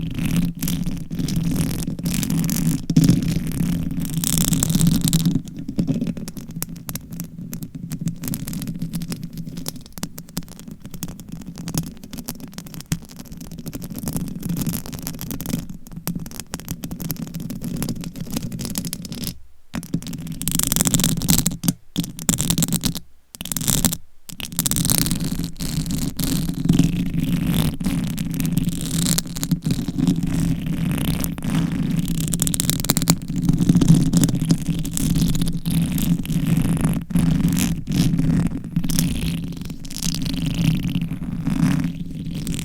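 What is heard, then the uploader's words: Dense, continuous scratching on a microphone with a low rumbling hum, crackly ticks throughout, and brief near-silent gaps around twenty to twenty-four seconds. ASMR Reverse Mic Scratching - Brain Scratching for 100% SLEEP - No Talking with Long Nails.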